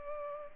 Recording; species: mosquito wingbeat signal from an infrared sensor; Culex pipiens